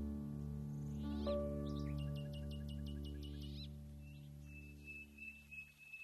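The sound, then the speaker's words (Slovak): A quick run of high, bright bird chirps, about a dozen in a steady rhythm, rises over a continuous low buzzing hum, followed by a thin sustained whistle-like tone. No one speaks. “Aké je tu ticho. Len vtáci a včeli. A vetrík.”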